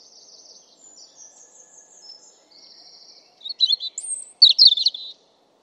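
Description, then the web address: European robin song: faint high buzzy notes at first, then a louder pair of quick, thin twittering phrases. "Deverinetal 2025"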